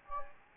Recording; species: mosquito wingbeat signal from an infrared sensor; Anopheles gambiae